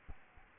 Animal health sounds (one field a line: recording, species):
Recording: mosquito wingbeat signal from an infrared sensor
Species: Aedes albopictus